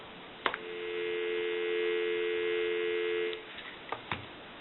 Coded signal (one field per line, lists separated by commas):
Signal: telephone call progress tone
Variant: North America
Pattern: dial tone